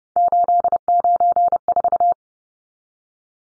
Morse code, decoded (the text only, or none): 894